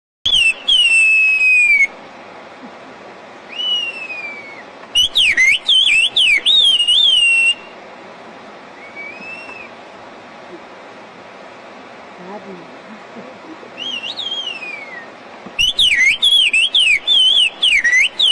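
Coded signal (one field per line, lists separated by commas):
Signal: whistled language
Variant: Kurdish kuş dili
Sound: loud gliding whistled phrases in three bursts, with fainter distant whistled replies between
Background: outdoor ambience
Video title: Kuş dili konuşan Hakkari'li Kürtler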